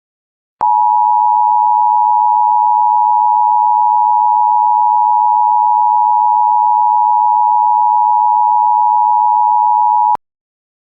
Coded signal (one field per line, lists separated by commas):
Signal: Emergency Alert System (SAME) tones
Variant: 853 and 960 Hz attention tone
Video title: EAS Tornado Warning: Pasco, Pinellas FL (MOCK)